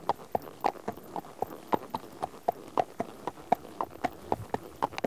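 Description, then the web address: Horse footsteps, crisp clops on hard ground in an even walking rhythm. One horse at a walk on tarmac. "BBC Sound Effects Library. One horse at walk on tarmac"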